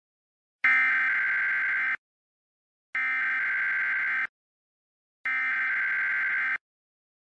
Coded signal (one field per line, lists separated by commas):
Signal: Emergency Alert System (SAME) tones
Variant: header bursts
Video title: EAS Mock - Mystery Scenerio (Part 1)